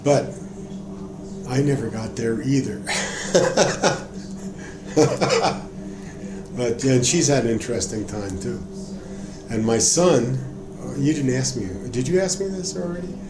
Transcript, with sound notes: but I never got there either. [laughter] She's having an interesting time too. And my son–you didn't ask me this–did you ask me this already?